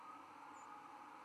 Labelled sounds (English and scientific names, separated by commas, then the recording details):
White-throated Sparrow (Zonotrichia albicollis) flight call
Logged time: 01:58 on 11 November 2014